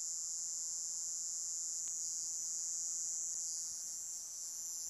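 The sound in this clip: Cicada call as a continuous shrill buzz, unchanging in pitch, dipping slightly in loudness near the end.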